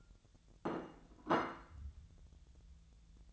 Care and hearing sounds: daily activity, microphone in the room; place plate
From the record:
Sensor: 3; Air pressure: 1000.2 hPa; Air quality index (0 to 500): 140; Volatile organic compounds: 2 ppm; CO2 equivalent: 1243 ppm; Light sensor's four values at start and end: 27/65/28/31 and 28/69/29/32

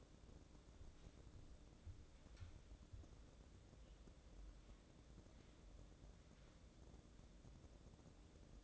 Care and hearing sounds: daily activity, microphone in the room; wipe stove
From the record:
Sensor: 3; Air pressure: 1012.3 hPa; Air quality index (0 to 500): 174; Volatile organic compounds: 3 ppm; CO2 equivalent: 1332 ppm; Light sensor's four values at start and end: 599/1487/615/629 and 599/1488/615/629

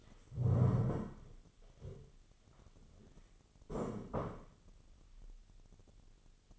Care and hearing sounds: daily activity, microphone in the room; stand up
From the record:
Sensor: 4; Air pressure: 1016.2 hPa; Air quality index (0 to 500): 165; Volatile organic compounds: 6 ppm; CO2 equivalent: 1880 ppm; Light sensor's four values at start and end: 9/20/8/7 and 9/20/8/7

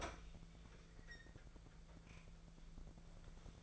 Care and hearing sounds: daily activity, microphone in the room; open fridge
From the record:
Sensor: 5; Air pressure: 1014.9 hPa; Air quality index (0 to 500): 178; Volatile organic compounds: 7 ppm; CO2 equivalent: 1962 ppm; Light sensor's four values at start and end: 74/172/74/81 and 74/173/74/81

